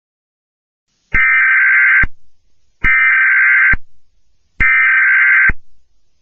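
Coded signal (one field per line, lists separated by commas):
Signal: Emergency Alert System (SAME) tones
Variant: header bursts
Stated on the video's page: Fictional EAS alarm about the sun disappearing, copied from another creator.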